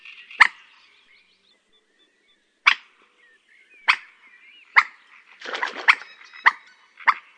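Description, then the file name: Common moorhen calls: sharp, abrupt notes spaced irregularly, with softer chattering notes between them and a burst of rapid notes near the end. "Gallinella dacqua"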